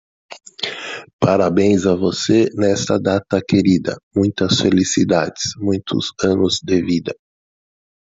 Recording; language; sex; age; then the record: short text; Brazilian Portuguese; male; 50 to 59 years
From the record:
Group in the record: control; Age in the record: 55 years